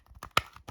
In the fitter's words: easy they clicked into place